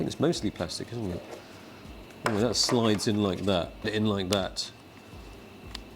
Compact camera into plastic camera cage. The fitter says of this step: then it locks in place. That locks in place.